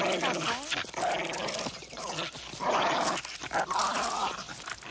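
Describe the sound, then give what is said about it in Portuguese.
A dog growls low and whimpers in high, wavering whines, the sounds rising and falling continuously over several seconds at a fairly loud level. “deixa o cão quietinho e vem comer alguma coisa.”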